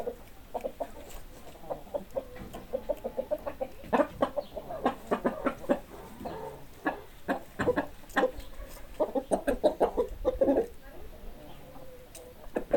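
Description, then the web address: Chickens cluck in scattered runs of short notes, busier around the middle and near the end, over a soft background hiss. "hobokenchicken animals chickens"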